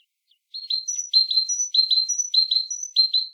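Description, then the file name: Great tit giving a quick run of ringing high notes, paired lower notes alternating with a thinner higher note, repeated steadily for about three seconds. "Parus major"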